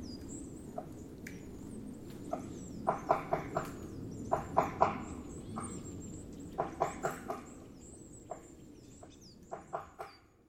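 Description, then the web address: White-backed woodpecker calls: short, sharp, mid-pitched notes given singly or in quick runs of two to four, with thin high whistles and steady background hiss. Recorded in Chichibu on 3 February 2022. "koe oakagera 220203 chichibu mju"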